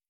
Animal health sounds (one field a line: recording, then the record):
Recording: hydrophone in a shrimp aquaculture tank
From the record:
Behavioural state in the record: feeding